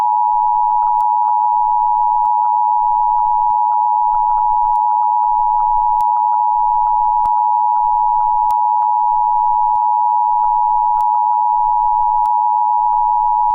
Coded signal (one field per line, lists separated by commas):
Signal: Emergency Alert System (SAME) tones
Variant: 853 and 960 Hz attention tone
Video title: EAS Scenario: Phoenix Birds Part 3 (Fake)